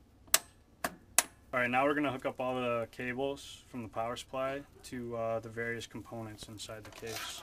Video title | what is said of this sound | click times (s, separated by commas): Brief Computer Setup | gently press with your thumbs on either end until you hear a snap | 0.3 s, 1.2 s